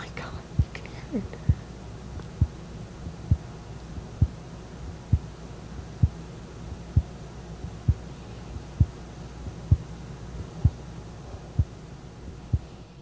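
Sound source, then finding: Chest at close microphone. Audible heartbeat.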